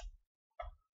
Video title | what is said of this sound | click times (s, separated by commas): redemption rda armageddon mfg | ça se clipse bien. | 0.6 s